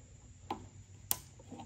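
A new rubber and plastic primer bulb is pushed evenly on both sides into its housing on a Briggs and Stratton push mower's small engine carburetor. A softer tap at 0.5 s is followed by a sharp, bright snap at 1.1 s as the first of its two tabs clicks into place. The second tab has not yet snapped in.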